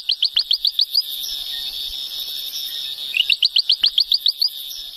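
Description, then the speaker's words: Ventriloquial frog call: rapid bursts of high, sharp chirps, several quick notes per burst, a pause, then another burst of similar chirps. Heard in a small patch of cloud forest on a remote, isolated mountain in Haiti during a search for lost frogs; distinctive, weird, complex call that the frog throws, making it hard to locate. "One of the species we came across was the ventriloquial frog. We were able to hear its call."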